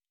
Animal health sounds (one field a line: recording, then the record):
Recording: hydrophone in a shrimp aquaculture tank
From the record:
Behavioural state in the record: normal